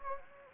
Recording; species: mosquito wingbeat signal from an infrared sensor; Anopheles gambiae